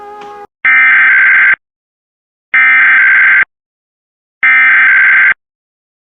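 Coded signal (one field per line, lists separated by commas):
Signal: Emergency Alert System (SAME) tones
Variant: header bursts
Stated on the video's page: Required Monthly Test in New Jersey, WDPN-TV version.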